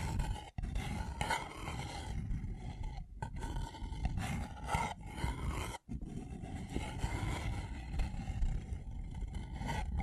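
A paper cup is handled in a dense, steady stream of crinkling and scratching, with a rough low rumble underneath and brighter crackles above. The sound cuts out briefly near half a second, around three seconds and just before six seconds, then resumes.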